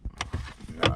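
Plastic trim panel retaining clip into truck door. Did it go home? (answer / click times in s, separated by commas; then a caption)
yes / 0.2 s, 0.9 s. A plastic door trim panel is pushed onto the door of a 2022 Ford Maverick truck during a subwoofer install, and its retaining clips snap into place with sharp plastic clicks at 0.2 s and 0.9 s over low rumbling handling noise. The panel is seated on the door.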